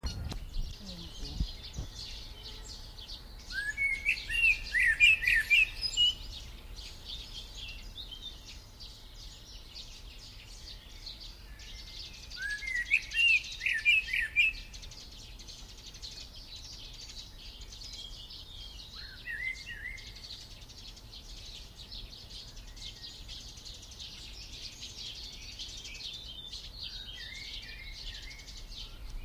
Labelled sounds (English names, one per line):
Common Blackbird song